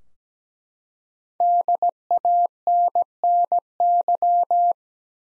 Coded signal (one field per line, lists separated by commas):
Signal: Morse code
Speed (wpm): 17 wpm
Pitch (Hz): 700 Hz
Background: none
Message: DANNY